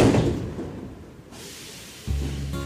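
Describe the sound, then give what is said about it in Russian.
Metro train sliding doors rumble shut with a broad mechanical whoosh, then a low thud and a steady humming drone as the train's motor hums beneath; no voices. “Пришлось ехать на метро. Жарко, суетно и тесно. Осторожно, двери закрываются.”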